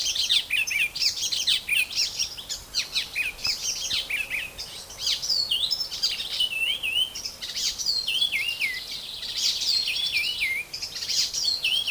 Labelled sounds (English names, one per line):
Icterine Warbler song